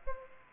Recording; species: mosquito wingbeat signal from an infrared sensor; Aedes aegypti